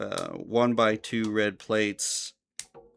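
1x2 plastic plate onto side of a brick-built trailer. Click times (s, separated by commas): 2.6 s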